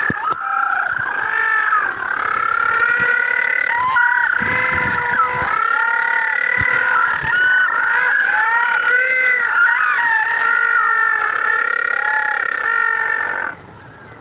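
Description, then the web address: Penguin calls, loud braying and honking notes overlapping continuously from many birds, then stopping abruptly near the end. Communication between penguins. "la comunicacion entre pinguinos"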